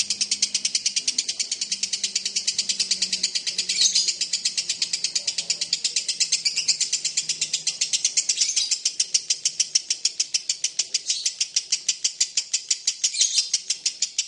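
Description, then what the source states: Lovebird chattering in a long, steady stream of fast, high, grating notes, with a faint low hum in the background. Long lovebird ngekek song, used as a lure song (kicau pancingan).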